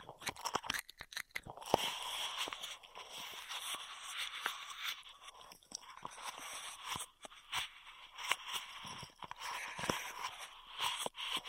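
Intense straw triggers: crinkly, crunchy plastic sounds with sharp clicks and snaps packed closely throughout. The texture is bright and papery, rising and falling in bursts, with brief quieter breaks near the first second and around seven seconds.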